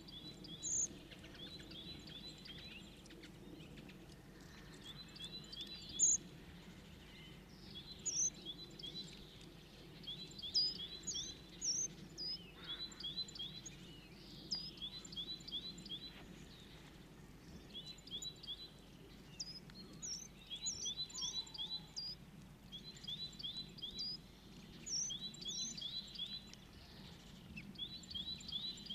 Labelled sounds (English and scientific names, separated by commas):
Great Tit (Parus major) call